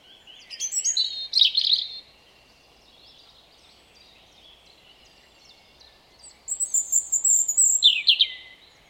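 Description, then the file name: European robin singing two bright, high warbling phrases separated by a pause of several seconds, one with a thin sustained very high note, over quiet hiss. "Erithacus rubecula"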